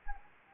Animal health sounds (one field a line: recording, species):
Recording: mosquito wingbeat signal from an infrared sensor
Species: Anopheles gambiae